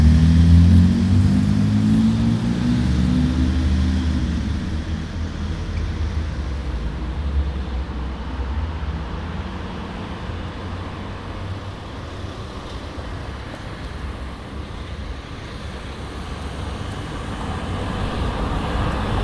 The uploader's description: General atmosphere on the Kneuterdijk in The Hague